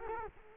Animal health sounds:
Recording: mosquito wingbeat signal from an infrared sensor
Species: Culex quinquefasciatus

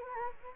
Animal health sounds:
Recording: mosquito wingbeat signal from an infrared sensor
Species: Anopheles gambiae

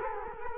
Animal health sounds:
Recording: mosquito wingbeat signal from an infrared sensor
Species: Culex quinquefasciatus

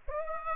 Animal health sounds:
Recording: mosquito wingbeat signal from an infrared sensor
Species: Aedes aegypti

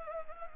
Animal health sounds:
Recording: mosquito wingbeat signal from an infrared sensor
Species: Anopheles gambiae

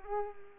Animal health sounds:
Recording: mosquito wingbeat signal from an infrared sensor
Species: Culex pipiens

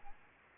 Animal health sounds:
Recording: mosquito wingbeat signal from an infrared sensor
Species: Aedes albopictus

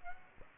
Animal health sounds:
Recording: mosquito wingbeat signal from an infrared sensor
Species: Aedes aegypti

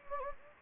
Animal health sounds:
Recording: mosquito wingbeat signal from an infrared sensor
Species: Anopheles gambiae

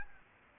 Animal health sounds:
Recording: mosquito wingbeat signal from an infrared sensor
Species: Aedes albopictus

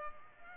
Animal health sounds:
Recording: mosquito wingbeat signal from an infrared sensor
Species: Culex pipiens

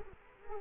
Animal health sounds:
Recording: mosquito wingbeat signal from an infrared sensor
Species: Culex quinquefasciatus

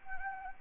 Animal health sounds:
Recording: mosquito wingbeat signal from an infrared sensor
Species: Anopheles gambiae

